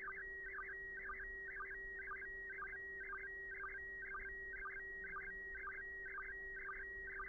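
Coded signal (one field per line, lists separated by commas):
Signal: SSTV (slow-scan television)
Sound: warbling tone near 1.9 kHz with identical chirpy stepping bursts repeating twice a second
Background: steady low hum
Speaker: Here we go. Oh yeah, this one's coming in nicely.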